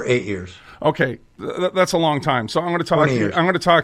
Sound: none

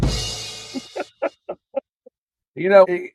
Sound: studio audience laughter

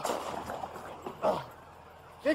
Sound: groaning

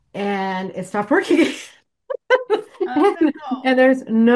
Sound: laughs

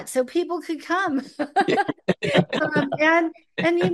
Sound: laughs

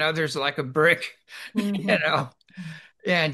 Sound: laughs

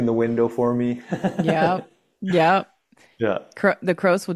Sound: laughs

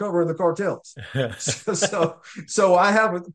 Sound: laughs

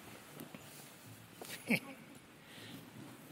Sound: laughs

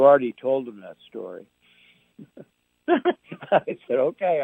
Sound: laughs

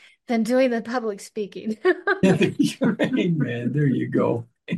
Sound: laughs

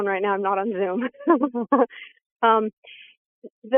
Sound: laughs

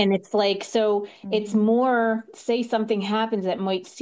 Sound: none

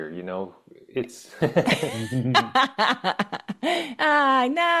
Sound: laughs

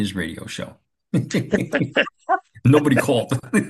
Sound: laughs

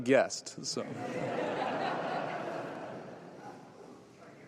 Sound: laughs

